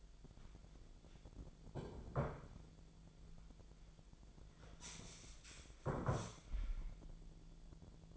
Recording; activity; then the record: daily activity, microphone in the room; sit down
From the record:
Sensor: 5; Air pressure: 1008.0 hPa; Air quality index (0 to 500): 154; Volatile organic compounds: 3 ppm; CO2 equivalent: 1480 ppm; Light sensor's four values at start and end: 58/163/63/63 and 58/163/63/63